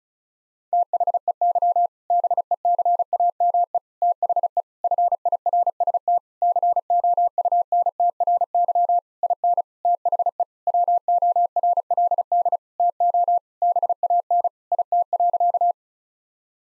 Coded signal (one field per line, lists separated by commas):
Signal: Morse code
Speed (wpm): 36 wpm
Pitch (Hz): 700 Hz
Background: none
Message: THEY BECAME THE FIRST COUNTRY IN THE WORLD TO BAN IT.